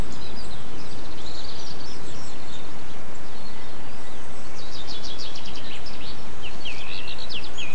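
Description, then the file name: Birds trilling, a rapid buzzy run of notes followed by a few quick whistled slurs near the end, over loud steady background noise. Recorded 8 April 2007 on an MZ-N 710 recorder. "MZ-N 710 Chants d oiseaux 8 04 07 extrait"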